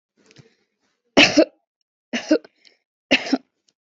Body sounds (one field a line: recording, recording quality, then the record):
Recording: shallow voluntary cough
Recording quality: excellent, no background noise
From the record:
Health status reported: healthy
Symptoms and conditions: none ticked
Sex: female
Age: 21 years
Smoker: not ticked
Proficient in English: yes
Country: India